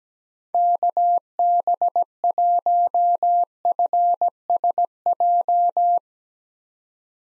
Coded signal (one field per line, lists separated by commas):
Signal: Morse code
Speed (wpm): 17 wpm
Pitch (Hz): 700 Hz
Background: none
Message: KB1FSJ